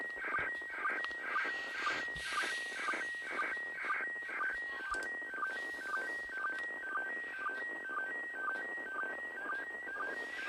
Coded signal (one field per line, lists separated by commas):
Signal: SSTV (slow-scan television)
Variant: PD 120